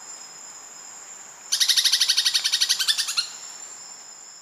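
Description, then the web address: Immaculate antbird delivering one dry rattling chatter of many quick notes, over a steady high hiss. Ecuador, South America. "Natures Songs S America Birds of Ecuador Immaculate Antbird"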